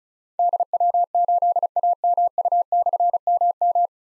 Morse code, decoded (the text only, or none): DW8AMU/MM